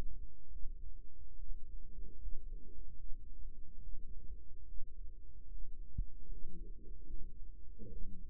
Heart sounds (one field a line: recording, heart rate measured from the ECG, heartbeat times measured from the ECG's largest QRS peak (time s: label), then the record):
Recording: heart sounds by microphone in the right ear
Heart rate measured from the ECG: 73 bpm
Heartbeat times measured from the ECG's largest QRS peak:
0.49 s: heartbeat
1.35 s: heartbeat
2.17 s: heartbeat
2.95 s: heartbeat
3.79 s: heartbeat
4.64 s: heartbeat
5.47 s: heartbeat
6.27 s: heartbeat
7.05 s: heartbeat
7.88 s: heartbeat
From the record:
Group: healthy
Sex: female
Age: 22 years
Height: 160 cm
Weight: 63 kg